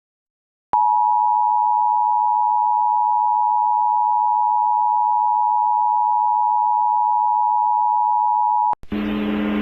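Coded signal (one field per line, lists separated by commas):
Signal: Emergency Alert System (SAME) tones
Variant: 853 and 960 Hz attention tone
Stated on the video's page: Connecticut Required Monthly Test relayed on CPTV, a PBS television station.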